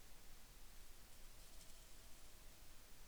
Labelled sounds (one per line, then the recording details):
near silence
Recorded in the Arctic National Wildlife Refuge, Alaska, on 10 July 2019 at 18:58
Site 44